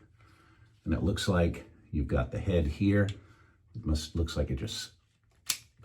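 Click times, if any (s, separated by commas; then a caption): 5.5 s. Someone talks as the plastic shaver head of a Freebird FlexSeries shaver is pushed onto the electric razor body. A sharp, loud snap is heard at 5.5 s. The head snaps into place on the body.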